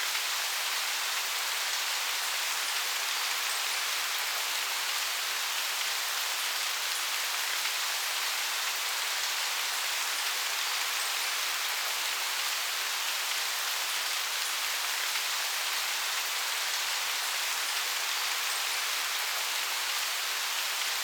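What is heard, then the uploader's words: Rain falls in a steady, dense hiss with no breaks for the whole stretch. The sound is bright and airy, with almost nothing in the low end, and stays at an even loudness throughout, like constant rainfall on a surface. Can You Feel the Raindrops?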